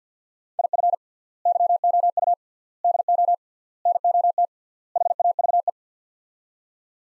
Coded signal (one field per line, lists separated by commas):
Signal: Morse code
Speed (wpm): 45 wpm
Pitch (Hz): 700 Hz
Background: none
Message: IF YOU DO NOT HAVE